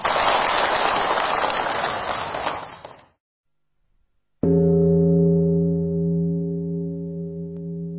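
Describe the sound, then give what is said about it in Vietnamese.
An audience at a Buddhist lecture claps for about three seconds, dense and steady, then fades out. After a short silence, sustained tonal music swells in with a deep, humming chord. “Cho anh chàng pháo tay.”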